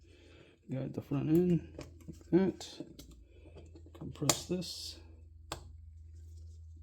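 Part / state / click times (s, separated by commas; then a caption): recoil reduction spring assembly into AR buffer tube / seated / 5.5 s. Someone talks while compressing a DPM Systems recoil-reduction spring assembly and pushing it into an AR pistol's buffer tube. A sharp click at 5.5 s marks it locking in, and the assembly is confirmed seated.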